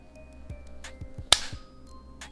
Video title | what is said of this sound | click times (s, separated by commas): RUGER 22/45 LITE Cleaning Tutorial | I'm actually just going to try and push the barrel off of the frame and you should hear a click when it does so | 1.3 s